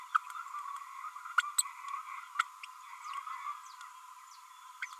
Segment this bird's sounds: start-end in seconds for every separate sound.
0.14-0.18, 1.37-1.42, 1.58-1.63, 2.39-2.43, 4.82-4.86